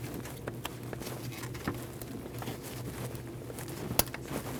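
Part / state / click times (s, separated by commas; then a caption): fuel line quick-connect onto high pressure fuel pump inlet / seated / 4.0 s. A low-pressure fuel line's plastic quick-connect fitting is pushed by hand onto the metal inlet nipple of the high-pressure fuel pump on a 2013–2019 Ford Escape 1.5L L4, with small handling taps and rustles throughout. It clicks at 4.0 s with a sharp, bright snap, locking the fitting in place.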